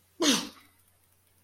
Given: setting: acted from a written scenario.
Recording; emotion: vocal sound without words; pain